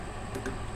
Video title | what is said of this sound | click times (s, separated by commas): Car Hauler Trailer Wheel Bearing Adjustment And Grease | push it on till it clicks it'll stay on her | 0.5 s